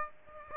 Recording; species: mosquito wingbeat signal from an infrared sensor; Aedes aegypti